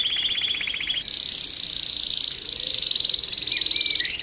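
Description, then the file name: Canary song moving from a rapid buzzy trill into a long sustained high rolling trill, with brief whistled notes near the end. Canary training song (kenari terapi), posted October 2013. "kenari terapi omkicau"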